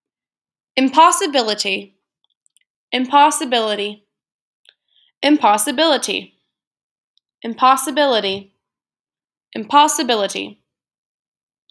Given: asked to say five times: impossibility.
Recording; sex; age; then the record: repeated word; female; 20 to 29 years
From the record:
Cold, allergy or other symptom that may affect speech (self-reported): no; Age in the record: 27 years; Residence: Georgia, United States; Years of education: 19